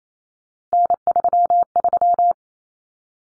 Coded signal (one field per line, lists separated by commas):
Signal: Morse code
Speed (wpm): 28 wpm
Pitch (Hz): 700 Hz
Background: none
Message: N33